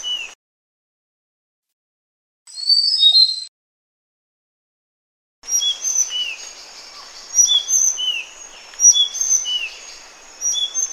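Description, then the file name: Sunda blue flycatcher song after a mostly silent start: a brief burst, then a run of high whistled notes and descending slurs in quick, repeated phrases. "suara burung sikatan sunda. omkicau"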